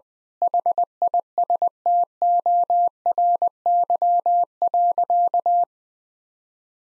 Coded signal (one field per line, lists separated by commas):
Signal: Morse code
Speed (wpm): 20 wpm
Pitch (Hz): 700 Hz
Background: none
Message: HISTORY.